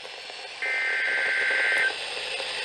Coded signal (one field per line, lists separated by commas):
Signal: Emergency Alert System (SAME) tones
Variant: header bursts